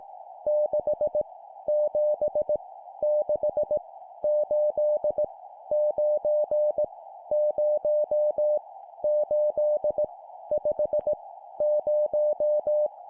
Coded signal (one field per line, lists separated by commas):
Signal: Morse code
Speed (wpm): 18 wpm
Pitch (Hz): 600 Hz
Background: none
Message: 6 7 6 8 9 0 8 5 0